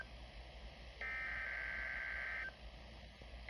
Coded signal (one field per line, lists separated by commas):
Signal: Emergency Alert System (SAME) tones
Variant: header bursts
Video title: Required Weekly Test on KHB32 162.550 mhz 7/30/25 (FIRST EAS!)